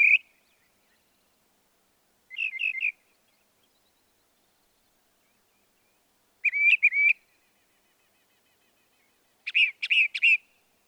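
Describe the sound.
Northern mockingbird song: short bursts of chirpy repeated notes spaced several seconds apart, each burst a different note type.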